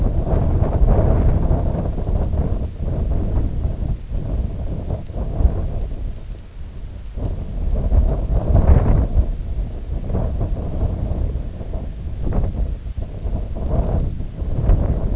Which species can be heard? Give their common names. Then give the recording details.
none. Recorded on Arctic tundra, site IGLO-D, on 18 June 2018. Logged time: 04:00